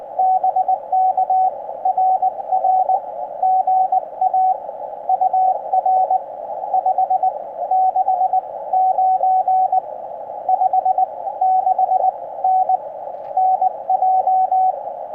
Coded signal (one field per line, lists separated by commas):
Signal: Morse code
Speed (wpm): 22 wpm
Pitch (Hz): 750 Hz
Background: radio noise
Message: BK RR GA UR 569 56N NJ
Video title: CW POTA Activation From Myrtle E. Hall WMA - Morse Code 20m - NB0W Ham Radio - Parks On The Air